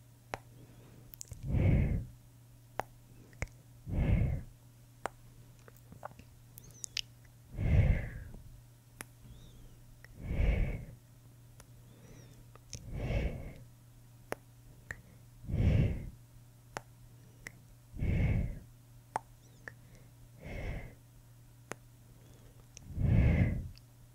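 Short, rounded boop sounds repeat about every two to three seconds, eleven in all, each low and full with a brief bright edge. Sharp little tongue clicks scatter between them, and a steady low hum runs underneath the whole time.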